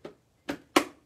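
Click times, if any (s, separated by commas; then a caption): 0.8 s. A plastic mud guard is slid down onto the rear frame of a Steelcraft pram, with a faint tap at 0.1 s and a firmer knock at 0.5 s. A loud, sharp click at 0.8 s marks the guard seating onto the frame.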